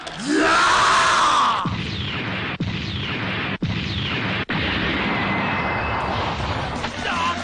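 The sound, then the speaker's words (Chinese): A loud tiger and lion roar effect: a deep, rumbling bellow opens, followed by several sustained snarling roars separated by brief sharp breaks, harsh and growling throughout with no talking. “要嘅，先听下，系啊，斌师兄今个礼拜预备嘅武器先。 小志强， 猛虎狮吼。”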